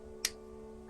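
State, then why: Seated. A glued plastic superstructure part of a Revell U.S.S. Arizona 1:426 scale battleship model kit is pressed onto its locating pegs once everything is lined up. A single short, sharp click sounds at 0.2 s over a low steady background hum, and the part seats into place.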